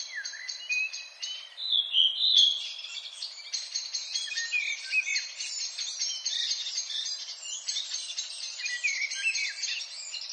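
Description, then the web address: Redwing song as a dense, continuous high twittering chatter with a few fluty slurred notes woven through, unbroken for the whole stretch. "HGW birds \ \aves Rodvingetrast"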